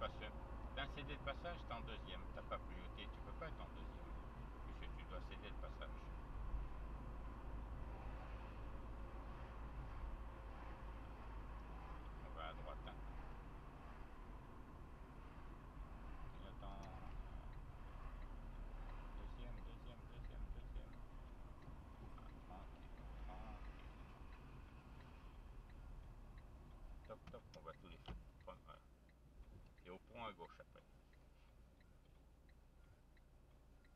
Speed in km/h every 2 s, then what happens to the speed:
44, 42, 42, 43, 44, 41, 36, 31, 30, 30, 27, 22, 18, 8, 0, 0, 0.
0-9 steady at about 43. 9-15 slows to 30. 15-20 steady at about 30. 20-27 brakes to 0. 27-34 standing.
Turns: none.